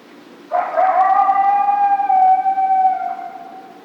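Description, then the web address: Coyote gives a single drawn-out howl, beginning with a rough rising onset and then holding a steady pitch for almost three seconds. Recorded 2 March 2010; howl. "Coyote 2010 03 02 14 howl"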